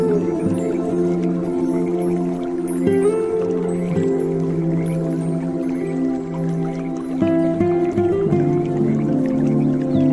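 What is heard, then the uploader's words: Calm zen music of long held low tones and gently shifting notes, changing chords near three and seven seconds, with steady volume throughout. Relaxing Zen Music with Water Sounds Peaceful Ambience for Spa Yoga and Relaxation.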